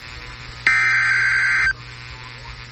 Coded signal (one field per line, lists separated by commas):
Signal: Emergency Alert System (SAME) tones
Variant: header bursts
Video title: Eas Fwd svr on KEC56 Eas#1982